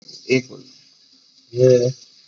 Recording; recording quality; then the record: sustained vowel as in made; poor, much background noise or distortion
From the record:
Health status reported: COVID-19 positive, mild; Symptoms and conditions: cough, cold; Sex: male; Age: 38 years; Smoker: not ticked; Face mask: not worn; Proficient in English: yes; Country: India